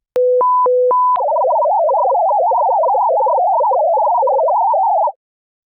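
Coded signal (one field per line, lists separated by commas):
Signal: multi-tone FSK (Olivia or MFSK type)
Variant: Olivia 16-1000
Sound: two alternating opening tones, then rapid warbling melody of short hopping tones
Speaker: Here is an Olivia 16-1000 signal.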